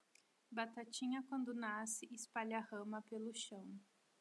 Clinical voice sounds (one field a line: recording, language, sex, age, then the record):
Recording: short text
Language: Brazilian Portuguese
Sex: female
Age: 20 to 29 years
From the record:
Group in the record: control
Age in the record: 28 years